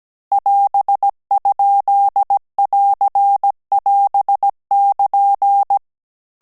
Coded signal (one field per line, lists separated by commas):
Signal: Morse code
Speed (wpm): 17 wpm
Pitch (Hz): 800 Hz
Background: none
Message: <AS>?<AR><AS><KN>